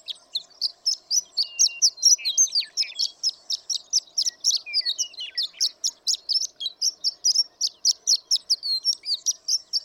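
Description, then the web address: Horned lark song: steady, fast run of high, tinkling notes mixed with a few descending slurs, over a faint low hum. "birdsongforthecurious Horned Lark"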